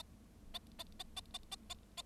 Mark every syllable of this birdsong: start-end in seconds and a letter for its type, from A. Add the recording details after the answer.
0.54-0.58 A, 0.78-0.83 A, 0.99-1.03 A, 1.16-1.21 A, 1.34-1.38 A, 1.51-1.56 A, 1.69-1.74 A, 1.97-2.02 A. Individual Bird7